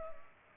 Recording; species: mosquito wingbeat signal from an infrared sensor; Culex pipiens